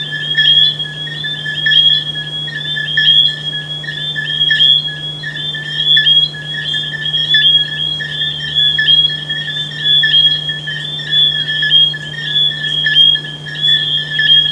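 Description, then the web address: Frog chorus of repeated short tonal calls overlapping throughout, with a constant low hum underneath. "humbot audio frogs"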